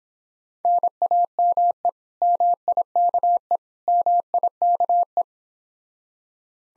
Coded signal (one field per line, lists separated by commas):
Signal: Morse code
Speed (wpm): 26 wpm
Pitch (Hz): 700 Hz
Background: none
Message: NAME MIKE MIKE